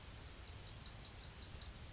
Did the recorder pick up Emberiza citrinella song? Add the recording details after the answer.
yes. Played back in grassland. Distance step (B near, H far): D. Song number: 060